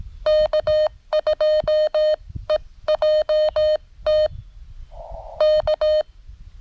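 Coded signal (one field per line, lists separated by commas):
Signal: Morse code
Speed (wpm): 17 wpm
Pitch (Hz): 610 Hz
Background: none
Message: K2EJT K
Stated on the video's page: CW Parks on the Air activation with a Venus SW-3B under rough band conditions.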